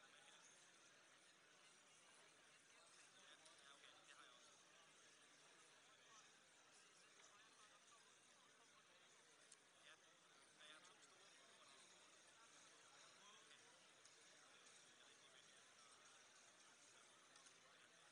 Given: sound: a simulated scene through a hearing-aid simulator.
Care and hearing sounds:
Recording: conversation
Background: cafeteria (anchor of the quiet scene)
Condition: -6 dB SNR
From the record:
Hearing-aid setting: anchor resembling a broken hearing aid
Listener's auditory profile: C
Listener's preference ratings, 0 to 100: 2, 11, 1

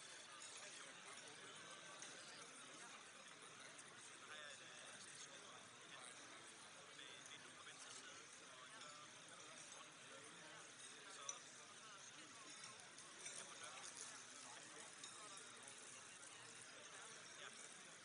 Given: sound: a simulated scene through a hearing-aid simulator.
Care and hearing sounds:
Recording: conversation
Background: cafeteria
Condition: -6 dB SNR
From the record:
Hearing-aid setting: anchor resembling a broken hearing aid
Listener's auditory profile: D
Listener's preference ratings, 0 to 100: 1, 1, 1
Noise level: 65 dB SPL

